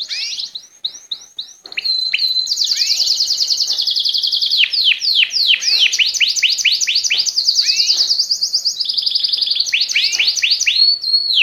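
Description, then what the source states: Canary singing a dense, fast stream of sharp descending chirps and high rolling trills, almost without pause after a few opening notes. Song of a Llarguet breed canary.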